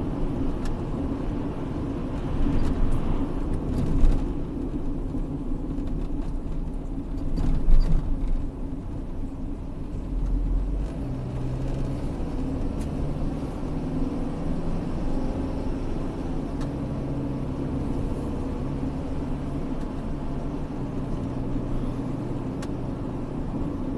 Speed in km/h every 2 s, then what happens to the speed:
66, 60, 50, 42, 40, 46, 55, 62, 66, 69, 71, 72.
0-8 slows to 40. 8-24 speeds up to 72.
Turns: none.